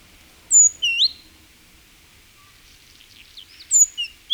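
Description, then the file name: Great tit song: a high note followed by a lower rising note, then after a pause a similar phrase of high, lower and rising notes. "Parus major"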